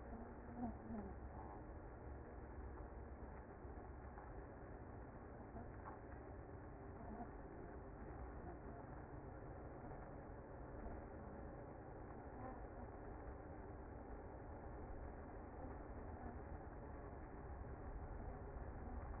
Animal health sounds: honeybee colony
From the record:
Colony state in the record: active

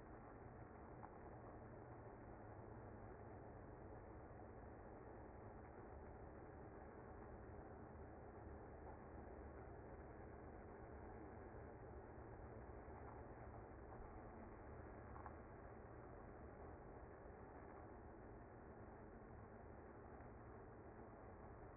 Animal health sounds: honeybee colony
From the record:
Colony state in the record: active

